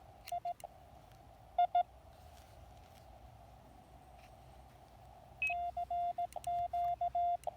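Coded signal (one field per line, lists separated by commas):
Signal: Morse code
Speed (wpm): 18 wpm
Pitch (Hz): 700 Hz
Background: none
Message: II CQ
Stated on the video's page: POTA park activation in Morse, transmitted with a Discovery TX-500 transceiver into a Packtenna 9:1 antenna with a T1 tuner.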